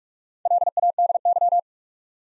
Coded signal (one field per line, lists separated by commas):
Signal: Morse code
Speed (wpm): 44 wpm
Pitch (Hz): 700 Hz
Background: none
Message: LADY